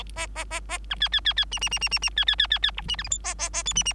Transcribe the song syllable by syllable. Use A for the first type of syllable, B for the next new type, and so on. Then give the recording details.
A A A A B C C C C D D D D D D C C C C C E D F G H A A A I D D. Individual Bird3